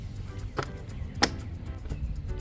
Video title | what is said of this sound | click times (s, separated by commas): How To Replace a PTO Switch (Step-by-Step Tutorial) Video | push it into place we'll hear a click | 0.6 s, 1.2 s